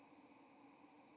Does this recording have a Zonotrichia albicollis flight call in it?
yes